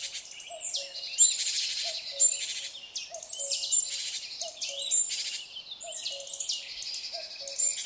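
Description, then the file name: Great tit calls: scratchy buzzing bursts and high slurred whistles, with a low double note repeating underneath. "Parus major"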